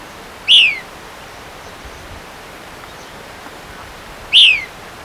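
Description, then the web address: White-crested Elaenia giving two short downslurred calls about four seconds apart, over a quiet background hiss. Recorded in Ecuador. "Birds of Ecuador 2. White-Crested Elaenia"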